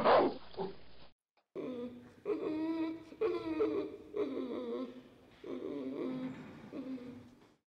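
Gorilla whimpering calls: a series of tonal, wavering, moaning notes in several bouts, after a brief noisy burst and a short silence.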